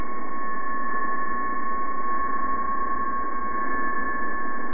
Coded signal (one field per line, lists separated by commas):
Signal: PSK31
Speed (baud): 31.25 baud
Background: radio noise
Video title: Demo of SDR-Radio with Lazy Dog LD-1B Front End, Part I